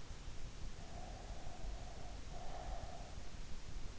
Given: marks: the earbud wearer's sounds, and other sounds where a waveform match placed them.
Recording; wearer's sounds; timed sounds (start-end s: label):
sounds in sleep by an in-ear microphone; breath
0.75-3.32 s: breath